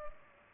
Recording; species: mosquito wingbeat signal from an infrared sensor; Culex pipiens